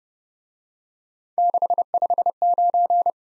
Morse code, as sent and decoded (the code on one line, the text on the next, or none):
-.... ..... ----.
659